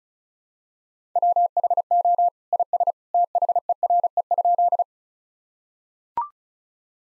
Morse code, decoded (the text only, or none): WHO IS THERE?